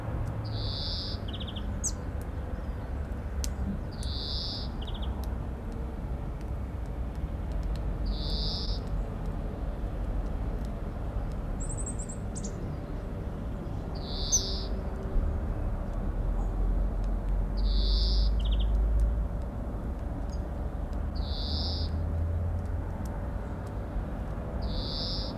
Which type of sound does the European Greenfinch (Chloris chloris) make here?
song